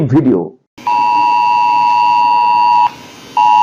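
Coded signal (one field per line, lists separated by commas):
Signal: Emergency Alert System (SAME) tones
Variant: 853 and 960 Hz attention tone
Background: speech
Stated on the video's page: Government test of India's emergency alert system received on Android phones.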